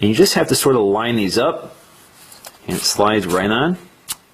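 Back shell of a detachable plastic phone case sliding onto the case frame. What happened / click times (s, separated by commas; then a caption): The plastic shell is being slid on but has not yet seated / none. Someone talks while lining up the rails on the back shell of a detachable two-part hard polycarbonate iPhone 4/4S case with the grooves on the case frame and starting to slide it on. Brief handling ticks sound at about 2.5 s and 4.1 s. The back has not snapped home yet; nothing has seated.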